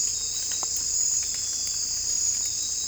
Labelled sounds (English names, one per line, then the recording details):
none
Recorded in secondary vegetation near Puerto Asís, Putumayo, Colombia, on 18 December 2024 at 01:30
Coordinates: 0.481, -76.318
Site G042